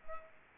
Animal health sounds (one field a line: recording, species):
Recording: mosquito wingbeat signal from an infrared sensor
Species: Culex pipiens